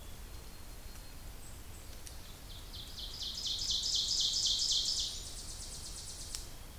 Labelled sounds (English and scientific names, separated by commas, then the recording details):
Ovenbird (Seiurus aurocapilla) song
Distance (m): 35 m
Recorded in boreal forest in Alberta, Canada, on 26 May 2016 at 07:50
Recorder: SongMeter 3, array SBT-3-15
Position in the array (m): 56 m, 220 m
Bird 20